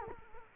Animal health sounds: mosquito wingbeat signal from an infrared sensor; Culex quinquefasciatus

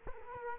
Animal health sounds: mosquito wingbeat signal from an infrared sensor; Culex quinquefasciatus

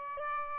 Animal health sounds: mosquito wingbeat signal from an infrared sensor; Aedes albopictus

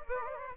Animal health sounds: mosquito wingbeat signal from an infrared sensor; Anopheles gambiae

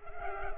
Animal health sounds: mosquito wingbeat signal from an infrared sensor; Culex pipiens

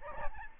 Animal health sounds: mosquito wingbeat signal from an infrared sensor; Aedes albopictus

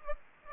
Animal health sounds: mosquito wingbeat signal from an infrared sensor; Aedes aegypti

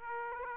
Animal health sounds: mosquito wingbeat signal from an infrared sensor; Aedes aegypti

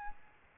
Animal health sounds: mosquito wingbeat signal from an infrared sensor; Aedes albopictus

